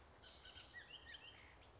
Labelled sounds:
Bullock's Oriole (Icterus bullockii)
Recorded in Sonoma County, California

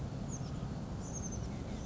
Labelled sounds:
Oak Titmouse (Baeolophus inornatus)
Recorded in Sonoma County, California

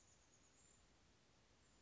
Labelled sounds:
Chestnut-backed Chickadee (Poecile rufescens)
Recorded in Sonoma County, California

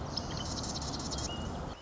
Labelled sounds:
Marsh Wren (Cistothorus palustris)
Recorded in Sonoma County, California

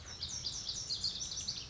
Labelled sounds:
Lazuli Bunting (Passerina amoena)
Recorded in Sonoma County, California

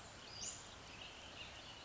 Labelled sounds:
Western Flycatcher (Empidonax difficilis)
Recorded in Sonoma County, California

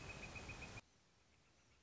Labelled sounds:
Northern Flicker (Colaptes auratus)
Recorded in Sonoma County, California

